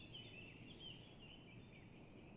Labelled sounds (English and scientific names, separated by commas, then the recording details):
Eurasian Blackcap (Sylvia atricapilla)
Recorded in Germany
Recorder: ecoPi